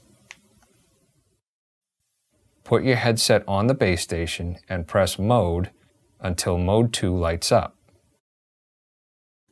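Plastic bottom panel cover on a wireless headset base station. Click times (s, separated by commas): 0.3 s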